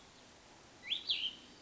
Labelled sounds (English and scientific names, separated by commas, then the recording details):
Cassin's Vireo (Vireo cassinii)
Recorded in Sonoma County, California